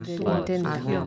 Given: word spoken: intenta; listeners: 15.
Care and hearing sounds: one Spanish word in noise, from a listening test; four-talker babble; -0.8 dB; 1 of 15; 10 of 15; 0.67 s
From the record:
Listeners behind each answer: 10, 1, 1, 1, 1, 1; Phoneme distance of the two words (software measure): 17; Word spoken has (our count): 3 syllables, 7 phonemes, stress on syllable 2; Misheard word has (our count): 3 syllables, 6 phonemes, stress on syllable 2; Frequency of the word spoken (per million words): 37.13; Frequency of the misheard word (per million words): 9.51

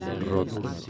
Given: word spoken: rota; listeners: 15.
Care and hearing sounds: one Spanish word in noise, from a listening test; eight-talker babble; 0.3 dB; 1 of 15; 7 of 15; 0.50 s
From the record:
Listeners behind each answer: 7, 3, 2, 1, 1, 1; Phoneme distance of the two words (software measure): 7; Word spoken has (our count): 2 syllables, 4 phonemes, stress on syllable 1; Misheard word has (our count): 2 syllables, 5 phonemes, stress on syllable 1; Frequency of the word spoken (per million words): 8.77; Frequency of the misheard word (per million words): 4.16

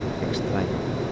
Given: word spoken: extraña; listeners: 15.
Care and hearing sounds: one Spanish word in noise, from a listening test; speech-shaped noise; -5.3 dB; 2 of 15; 8 of 15; 0.72 s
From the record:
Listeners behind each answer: 8, 4, 2, 1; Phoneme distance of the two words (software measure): 20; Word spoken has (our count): 3 syllables, 8 phonemes, stress on syllable 2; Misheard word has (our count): 3 syllables, 8 phonemes, stress on syllable 2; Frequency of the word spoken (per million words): 34.82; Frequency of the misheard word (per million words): 0.01

